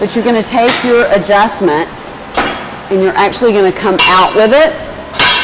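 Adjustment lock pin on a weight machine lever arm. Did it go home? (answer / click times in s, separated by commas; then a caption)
yes / 5.2 s. Someone talks while pulling out the range-of-motion adjustment on a gym inner-thigh (adductor) machine's lever arm and moving it. At 5.2 s a sharp hit is heard as the steel adjustment pin locks back into a hole, seating it in place.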